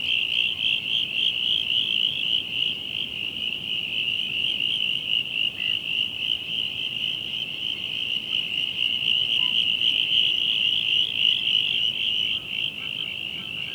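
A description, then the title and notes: A dusk frog chorus at a swamp on Phillip Island: a dense, unbroken trilling at a high pitch runs through the whole stretch without pause, rapidly pulsing. A soft low rumble sits underneath, and the level stays even throughout. The dusk chorus at our local swamp on Phillip Island. Recorded in Spring 2021.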